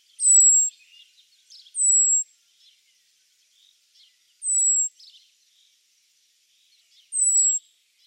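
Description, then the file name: Common blackbird thin high whistled calls, each slightly falling and about half a second long, given four times with soft chipping notes between. "Turdus merula"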